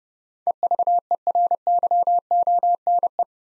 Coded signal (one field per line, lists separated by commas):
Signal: Morse code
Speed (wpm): 30 wpm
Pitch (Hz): 700 Hz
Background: none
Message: EVERYONE